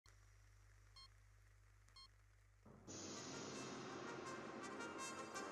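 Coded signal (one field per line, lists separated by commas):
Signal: none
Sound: music intro synth beeps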